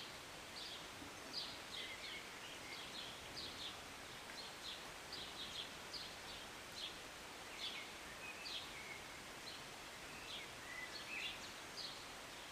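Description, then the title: Birds giving soft, high chirps scattered throughout, partly buried under a constant hiss like falling rain. Birds singing and chirping in short morning rain, recorded on a city balcony on a Sunday morning. "Rainy Morning with Birds Chirping"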